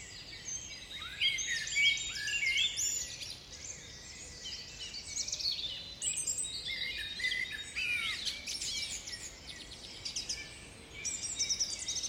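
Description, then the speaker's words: Mixed woodland birds singing together at dawn, bright whistled notes and quick sweeps layered densely, with faint hiss beneath the busy high-pitched chorus. Binaural dawn chorus of mixed birds in an English woodland on the Herefordshire borders, recorded around 3 a.m. "So please allow yourself to stop and simply listen to this English woodland dawn chorus to mark Nyepi in my own small way."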